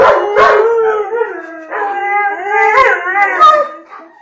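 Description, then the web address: Greyhound howling, wavering drawn-out notes that slide up and down, broken by brief sharper yelps. "hurlement de chien levrier"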